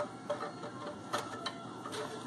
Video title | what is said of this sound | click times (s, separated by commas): PRODUCT REVIEW - Great Value 3 in 1 Spray Mop | I think it snaps in place. There we go. Yeah, it snaps in place. | 1.5 s